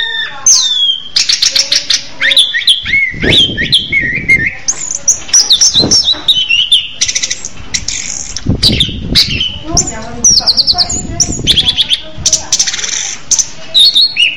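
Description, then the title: Orange-headed thrush singing a long, rich medley of rapid trills, buzzy bursts and sweet whistled slurs, phrases tumbling together with hardly a pause. "Anis Merah"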